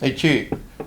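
Someone talks while handling the plunge-depth locking lever on the base of a Parkside plunge wood router, pushing it again because it wasn't locked firmly the first time. Short faint knocks are heard around 0.5 and 0.8 s, but the lock has not clicked shut or seated yet.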